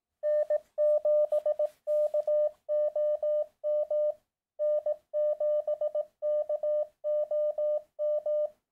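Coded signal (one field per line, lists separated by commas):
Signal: Morse code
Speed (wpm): 18 wpm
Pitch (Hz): 600 Hz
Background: none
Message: N7KOM N7KOM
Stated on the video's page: Morse sent so the Reverse Beacon Network will hear and spot the station, for SOTA and POTA activations.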